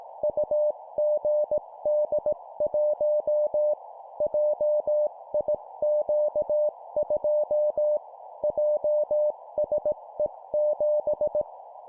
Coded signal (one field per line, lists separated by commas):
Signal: Morse code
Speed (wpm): 18 wpm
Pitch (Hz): 600 Hz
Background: none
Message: UGD1 JIQ2 JSE7